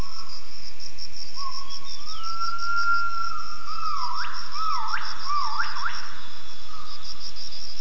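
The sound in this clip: Gibbon call of long, steady whistled notes, then several rising and falling swoops, over a steady high insect hum.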